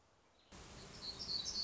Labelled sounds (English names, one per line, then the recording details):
Black-throated Gray Warbler
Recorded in Sonoma County, California